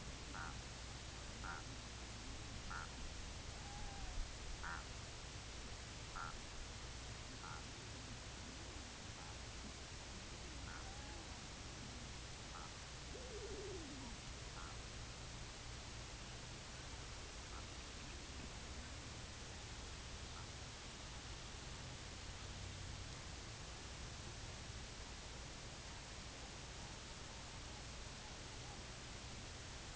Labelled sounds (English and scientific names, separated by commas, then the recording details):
unidentified sound, King Eider (Somateria spectabilis), Red-throated Loon (Gavia stellata), Semipalmated Sandpiper (Calidris pusilla)
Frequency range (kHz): Red-throated Loon (Gavia stellata) 0.2-2.9 kHz; Semipalmated Sandpiper (Calidris pusilla) 2.1-3.2 kHz
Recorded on Arctic tundra, site IGLO-A, on 24 June 2018
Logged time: 23:59